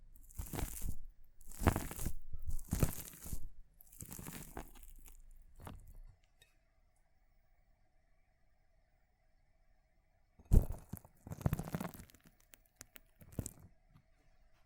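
Water beads are crushed in a run of rough, crunching squeezes, each lasting about a second, packed together over the first six seconds. After a quiet gap with only a faint steady hum, more crushing returns around ten seconds, sharp at first, then trailing into shorter crackles.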